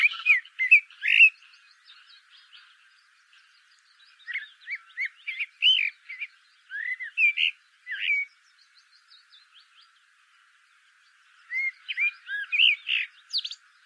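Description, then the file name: Eurasian blackbird song: three bursts of warbled notes and scratchy high twitters, separated by pauses. "Turdus merula"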